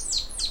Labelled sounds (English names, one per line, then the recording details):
Stitchbird song
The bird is a male
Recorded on Tiritiri Matangi Island, New Zealand, in 2005
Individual 10, of nest box 12